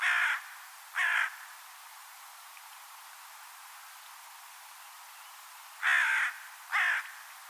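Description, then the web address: Bird giving a pair of rough caws, falling silent for several seconds, then another pair, with faint steady hiss throughout. "Deverinetal 2025 File origin Bird Only"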